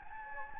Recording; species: mosquito wingbeat signal from an infrared sensor; Anopheles gambiae